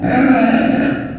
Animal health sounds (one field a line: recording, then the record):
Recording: squeal of a Yucatan mini pig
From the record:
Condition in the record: after surgery on the right vocal fold (resection and tissue-engineered implant)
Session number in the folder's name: 3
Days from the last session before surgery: 21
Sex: female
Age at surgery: 19 weeks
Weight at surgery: 25 kg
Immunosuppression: prednisolone